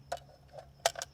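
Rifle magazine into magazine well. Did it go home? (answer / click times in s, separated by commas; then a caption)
no / none. A metric FAL magazine is hooked on the front locking point and rocked back toward the magazine catch of a G1 rifle. Short, sharp ticks are heard around 0.1, 0.9 and 1.0 s over a low steady hum. Nothing has seated or clicked in yet.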